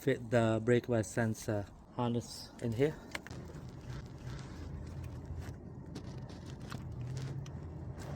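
Someone talks at the start while handling the front brake wear sensor's plastic harness connector at the wheel of a BMW Mini Countryman R60 during a brake disc, pad and wear sensor replacement, then brief handling ticks come at about 3.3 s over a steady low background hum. The connector has not yet been pushed into its mating harness connector, and nothing has seated or clicked yet.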